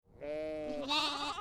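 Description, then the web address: Sheep giving a single wavering bleat lasting about a second, growing slightly stronger toward the end. Lamb and adult sheep. "Lynne Music 2 Animal-Sheep-Lamb-And-Adult"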